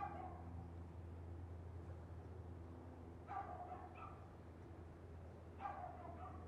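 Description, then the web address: Dog yapping, a few sharp high yaps spaced seconds apart against a steady low mechanical hum. Constant yapping from a dog in a neighborhood background. "lynne-publishing Neighborhood Background Constant Yappy Dog"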